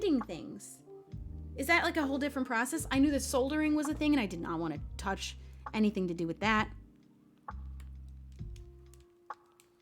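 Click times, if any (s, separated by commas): none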